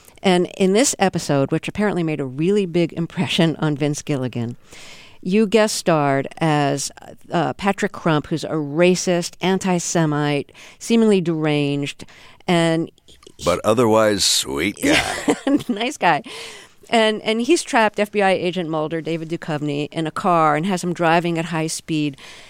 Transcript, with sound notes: And in this episode, which apparently made a really big impression on Vince Gilligan, you guest starred as Patrick Crump, who's a racist anti-Semite, seemingly deranged and...
But otherwise sweet guy.
(Laughing) Nice guy. And he's trapped FBI Agent Mulder - David Duchovny - in a car and has him driving at high speed.